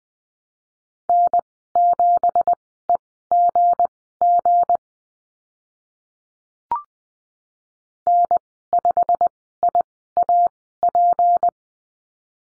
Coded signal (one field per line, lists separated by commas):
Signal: Morse code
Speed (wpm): 20 wpm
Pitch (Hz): 700 Hz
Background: none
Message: N7EGG N5IAP